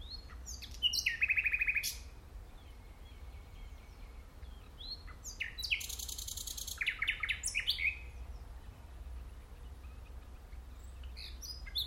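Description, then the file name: Common nightingale song with throaty trills, a pure whistled note and a loud buzzing high trill, phrases delivered with brief pauses over low rumble. "Luscinia megarhynchos"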